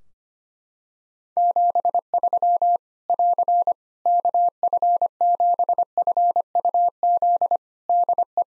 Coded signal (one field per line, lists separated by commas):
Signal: Morse code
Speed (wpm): 25 wpm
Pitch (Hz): 700 Hz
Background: none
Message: 73 <AR> KF7FUZ DE